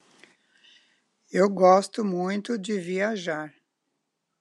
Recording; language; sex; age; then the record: short text; Brazilian Portuguese; female; 60 to 69 years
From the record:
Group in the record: control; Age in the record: 68 years